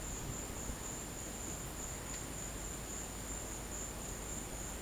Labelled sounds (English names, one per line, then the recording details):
none
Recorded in dense forest near Puerto Asís, Putumayo, Colombia, on 22 December 2024 at 14:00
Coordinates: 0.484, -76.317
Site G026